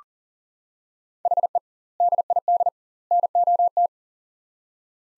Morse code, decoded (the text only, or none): HE DID NOT